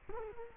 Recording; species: mosquito wingbeat signal from an infrared sensor; Culex quinquefasciatus